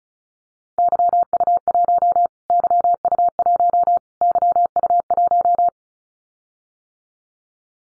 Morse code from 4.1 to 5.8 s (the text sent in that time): YU1